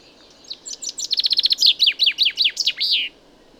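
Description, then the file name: Common chaffinch song: a few thin high notes quicken into a rapid trill, then a series of descending slurred notes ends in a short flourish, over a quiet background. "Fringilla coelebs"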